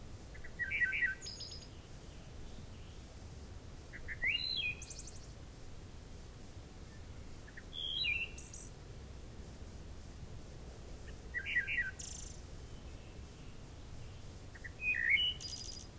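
Wood thrush song: five clear fluty phrases about every three and a half seconds, each ending in a high, ethereal trill, with low background hum.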